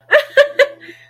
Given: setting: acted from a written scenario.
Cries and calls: vocal sound without words; amusement

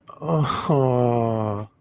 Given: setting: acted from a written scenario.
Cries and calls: vocal sound without words; adoration

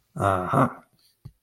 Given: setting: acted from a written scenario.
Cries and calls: vocal sound without words; triumph

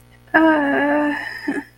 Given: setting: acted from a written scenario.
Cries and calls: vocal sound without words; pain

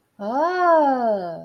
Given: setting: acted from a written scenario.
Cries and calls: vocal sound without words; realization

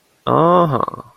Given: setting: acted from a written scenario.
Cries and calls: vocal sound without words; pride

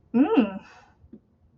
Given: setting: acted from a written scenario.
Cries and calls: vocal sound without words; negative surprise

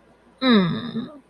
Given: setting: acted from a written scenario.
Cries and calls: vocal sound without words; shame

